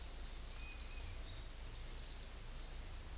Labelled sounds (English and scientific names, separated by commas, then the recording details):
none
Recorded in secondary vegetation near Puerto Asís, Putumayo, Colombia, on 18 December 2024 at 11:00
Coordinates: 0.485, -76.322
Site GP08